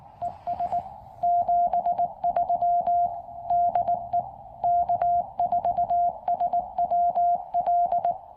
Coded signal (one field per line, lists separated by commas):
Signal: Morse code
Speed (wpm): 19 wpm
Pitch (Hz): 700 Hz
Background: music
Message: ES 73 DE K4SWL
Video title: Testing a new QRP Labs QCX-Mini Field kit built in an Evergreen 56 Watertight case!